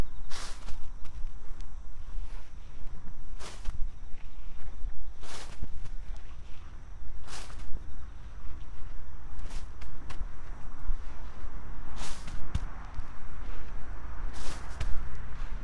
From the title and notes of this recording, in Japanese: 秋の、日が暮れ始めた16時過ぎ、ニンニクの定植。穴あきマルチに棒で穴を開け、1片ずつニンニクを入れたあと、土をかけていく。秋の夕方 ニンニクの定植。